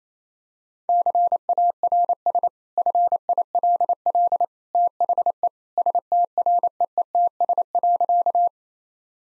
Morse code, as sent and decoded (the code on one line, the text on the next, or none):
-.-. .- .-. ... / ..-. .. .-.. .-.. / - .... . / ... - .-. . . - ... .-.-.-
CARS FILL THE STREETS.